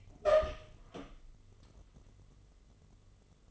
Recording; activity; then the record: daily activity, microphone in the room; open door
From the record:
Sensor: 4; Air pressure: 1016.1 hPa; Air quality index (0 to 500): 207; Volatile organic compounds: 12 ppm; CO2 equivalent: 2367 ppm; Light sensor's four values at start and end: 9/20/8/7 and 9/20/8/7